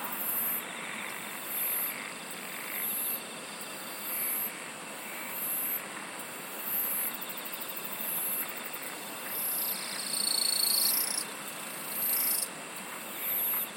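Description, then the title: Insects singing: high buzzy bursts repeated regularly, with a steady shrill whine and faint pulsing trills below, over a constant hiss. "SINGING OF INSECTS"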